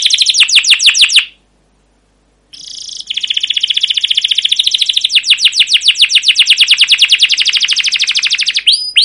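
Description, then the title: Canary song: fast rolling trill, a brief silence, then a long continuous run of rapid repeated notes lasting several seconds. Canary song used as a lure (pancingan) to train other canaries; long continuous singing (gacor panjang) with rolling trills (ngerol) and cuit cuit notes. "CUIT CUIT NGEROL LANGSUNG GACOR PANJANG Kenari Ini Utk Pancingan KENAR. Masteran Suara Burung Kenari Gacor Panjang cuit cuit Ngerol untuk Pancingan Kenari!"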